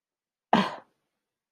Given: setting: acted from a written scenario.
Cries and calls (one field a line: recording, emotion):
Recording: vocal sound without words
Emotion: anger